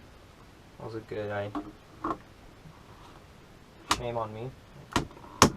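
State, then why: Seated. Someone talks while a plastic flight battery is pushed into the battery bay of a DJI Phantom 4 V.2 quadcopter drone body. A couple of short knocks come just before a sharp latch click at 5.4 s, as the battery locks in and sits very snug.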